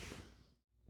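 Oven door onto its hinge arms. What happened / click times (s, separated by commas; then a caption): The door is being handled and has not seated yet / none. The repaired oven door of a 2005 Viking Professional stove, fixed after a hinge jam, is slid back all the way onto its hinge arms. A broad rushing swish fades to near silence around 0.65 s, followed by a soft low rumble at the end. The door has not yet snapped down or seated on its hinges.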